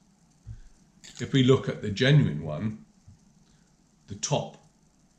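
Someone talks while handling the cap of a genuine Christian Dior J'adore perfume bottle, which is being fitted onto the bottle's neck. Soft handling noises sound near 0.5 s and again around 4.2 to 4.5 s. Nothing has seated or clicked yet.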